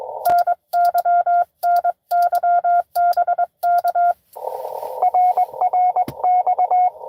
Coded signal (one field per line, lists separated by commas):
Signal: Morse code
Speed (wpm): 22 wpm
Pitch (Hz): 690 Hz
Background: none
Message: NY NY BK RRX